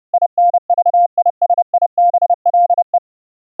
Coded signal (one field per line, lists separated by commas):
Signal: Morse code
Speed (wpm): 31 wpm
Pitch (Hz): 700 Hz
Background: none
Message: INVISIBLE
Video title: QSO CW AUDIO over IP(Win 10) using a VST HOST in WASAPI EXCLUSIVE MODE & the Studio-Link VST plugin